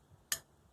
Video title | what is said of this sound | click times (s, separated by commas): 2007 Mazda B3000 and Ford Ranger: Alternator diagnosis and repair. (June, 2020) | two so they sounded like they both snapped into place pretty good so | 0.3 s